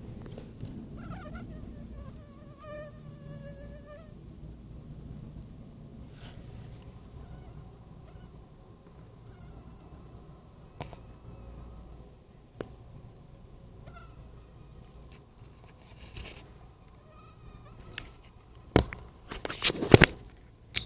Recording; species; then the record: mosquito flight sound by mobile phone; Anopheles freeborni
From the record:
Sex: male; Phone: Nokia 5235